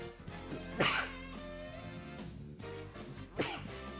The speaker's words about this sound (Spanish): Perdón, voy a estornudar.